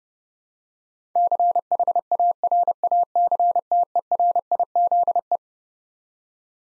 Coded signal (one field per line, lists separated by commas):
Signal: Morse code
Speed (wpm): 32 wpm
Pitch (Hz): 700 Hz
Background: none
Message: CHARACTERIZE